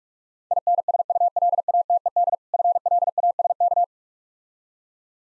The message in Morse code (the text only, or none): INSULATED FLASK